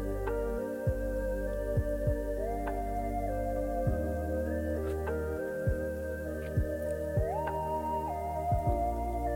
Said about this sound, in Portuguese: O coração batendo. A vida pulsando.